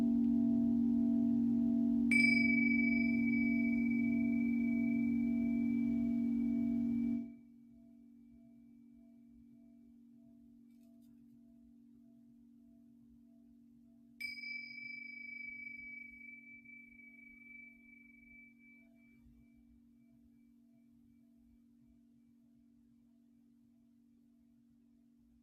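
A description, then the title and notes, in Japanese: A singing bowl drones with a low, pulsing hum that cuts off sharply around seven seconds, leaving a faint steady tone. Bright metallic strikes ring out near two and fourteen seconds, each sustaining a clear high tone that slowly fades. 深夜のメキシコから シンギングボウルのサウンドヒーリング ライブ。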